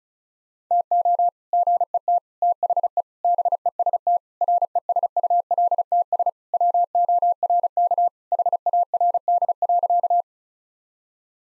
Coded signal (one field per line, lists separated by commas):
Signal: Morse code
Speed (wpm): 34 wpm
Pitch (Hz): 700 Hz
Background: none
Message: TO GET THE BEST RESULTS WORK HARD.